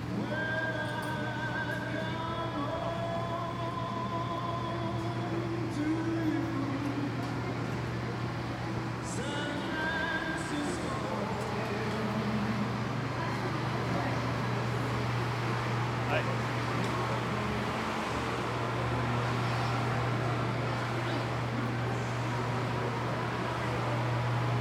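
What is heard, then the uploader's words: Walking through a theme park, a steady low hum runs beneath a dense murmur of crowd voices, with brief brighter tones and clatters throughout. A Day at Universal Studios Florida. Walk the park as we journey from attraction to attraction.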